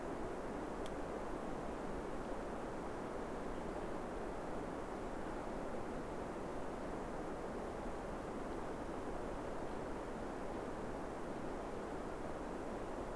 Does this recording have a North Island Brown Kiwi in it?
no